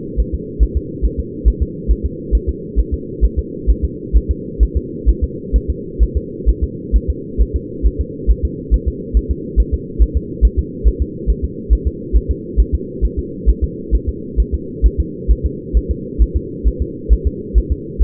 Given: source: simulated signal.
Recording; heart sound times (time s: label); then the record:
fetal heart sounds
0.20 s: S1
0.34 s: S2
0.63 s: S1
0.77 s: S2
1.05 s: S1
1.20 s: S2
1.48 s: S1
1.62 s: S2
1.91 s: S1
2.06 s: S2
2.35 s: S1
2.49 s: S2
2.79 s: S1
2.94 s: S2
3.25 s: S1
3.39 s: S2
3.70 s: S1
3.85 s: S2
4.16 s: S1
4.31 s: S2
4.63 s: S1
4.77 s: S2
5.09 s: S1
5.24 s: S2
5.56 s: S1
5.70 s: S2
6.03 s: S1
6.17 s: S2
6.49 s: S1
6.64 s: S2
6.96 s: S1
7.10 s: S2
7.41 s: S1
7.56 s: S2
7.86 s: S1
8.01 s: S2
8.31 s: S1
8.45 s: S2
8.74 s: S1
8.88 s: S2
9.17 s: S1
9.31 s: S2
9.60 s: S1
9.74 s: S2
10.02 s: S1
10.17 s: S2
10.45 s: S1
10.59 s: S2
10.88 s: S1
11.02 s: S2
11.30 s: S1
11.44 s: S2
11.73 s: S1
11.87 s: S2
12.16 s: S1
12.31 s: S2
12.60 s: S1
12.74 s: S2
13.05 s: S1
13.19 s: S2
13.49 s: S1
13.64 s: S2
13.95 s: S1
14.09 s: S2
14.40 s: S1
14.54 s: S2
14.86 s: S1
15.00 s: S2
15.31 s: S1
15.46 s: S2
15.77 s: S1
15.91 s: S2
16.22 s: S1
16.36 s: S2
16.67 s: S1
16.82 s: S2
17.13 s: S1
17.27 s: S2
17.58 s: S1
17.72 s: S2
18.02 s: S1
From the record:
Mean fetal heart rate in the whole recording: 135 bpm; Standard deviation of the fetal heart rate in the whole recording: 3 bpm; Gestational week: 34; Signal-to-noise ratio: -4.1 dB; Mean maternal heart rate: no maternal heart sound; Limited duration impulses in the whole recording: absent